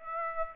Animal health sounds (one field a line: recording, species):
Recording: mosquito wingbeat signal from an infrared sensor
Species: Aedes aegypti